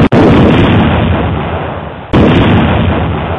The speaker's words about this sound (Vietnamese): Một tiếng nổ ghê gớm phát ra, tiếp theo nhiều tiếng nổ khác.